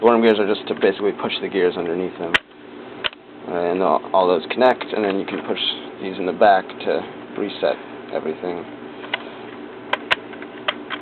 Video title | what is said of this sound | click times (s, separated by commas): Lego Puzzle Boxes: Inside Look | just all clicks back into place | 9.1 s, 9.9 s, 10.1 s, 10.7 s